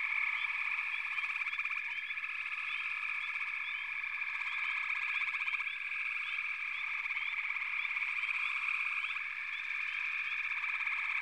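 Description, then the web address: Frogs calling together in a steady, unbroken chorus of pulsed trills, with brief upward chirps sprinkled over the top. "Natures Songs Nature Sounds The Natural Sounds of the Wilderness 10 CDs collection Echoes of Nature - Sampler 08 Frog Chorus"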